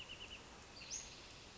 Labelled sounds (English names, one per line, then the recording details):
Western Flycatcher
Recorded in Sonoma County, California